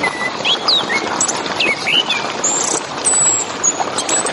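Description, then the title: Orange-headed thrush song: short clear whistled notes and thin high squeaky notes, over a constant rushing background hiss. Relaxed, open-voiced 'ngeplong' song style; recording used to prompt a caged young Orange-headed thrush just losing its spotted juvenile plumage to sing. "Anis Kembang Ngeplong Santai , Untuk Pancingan Anis Kembang Lepas Trotol"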